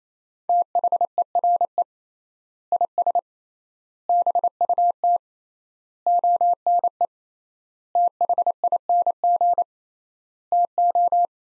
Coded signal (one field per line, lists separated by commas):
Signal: Morse code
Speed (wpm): 27 wpm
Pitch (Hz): 700 Hz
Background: none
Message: THERE IS BUT ONE THING TO